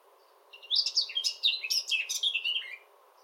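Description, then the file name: Eurasian blackcap song, a quick jumble of bright, rich warbled notes tumbling up and down for about two seconds over a low background hum. "Sylvia atricapilla"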